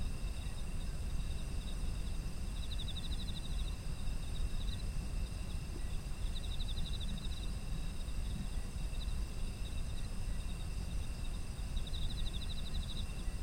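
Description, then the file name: Insect chorus: continuous high-pitched ringing with short rattling chirp trains every few seconds, set against heavy low-frequency rumble. Autumn insect ambient sound. "秋の虫の環境音"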